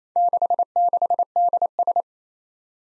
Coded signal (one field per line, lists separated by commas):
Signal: Morse code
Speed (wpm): 27 wpm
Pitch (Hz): 700 Hz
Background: none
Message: 66DS